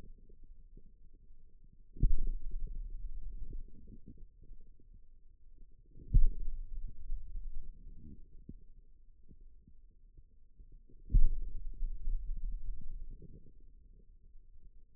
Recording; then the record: forearm muscle sounds (acoustic myography)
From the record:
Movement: pen grasping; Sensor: system 2, bracelet of six BSWA MPA416 microphones around the upper forearm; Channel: 1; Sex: male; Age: 22 years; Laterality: right